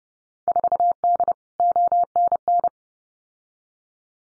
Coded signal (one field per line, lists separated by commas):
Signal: Morse code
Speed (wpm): 30 wpm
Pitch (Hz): 700 Hz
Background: none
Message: 4D ONN